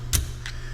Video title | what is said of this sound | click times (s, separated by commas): Installing the Face Seal, Bearings, Brakes & more on a Track Loader Final Drive Motor | and you'll hear it click in right there and normally there'll be a little line | 0.1 s, 0.5 s